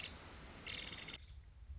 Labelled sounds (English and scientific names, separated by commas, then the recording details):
Nuttall's Woodpecker (Dryobates nuttallii)
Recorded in Sonoma County, California